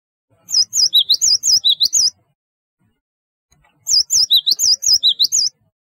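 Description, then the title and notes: Java sparrow song: two bursts of high, wavering, bell-like chirps and trills, each about one and a half seconds, separated by a short silence. "Kicau Burung Gelatik"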